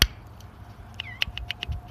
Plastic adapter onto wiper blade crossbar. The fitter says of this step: positive click right there alright